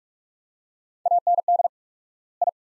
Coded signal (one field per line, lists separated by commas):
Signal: Morse code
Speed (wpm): 46 wpm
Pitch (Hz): 700 Hz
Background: none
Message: AND I